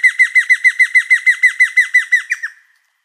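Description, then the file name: Giant antshrike: loud downslurred notes repeated rapidly, fading slightly before the series stops. "suara giant antshrike. omkicau"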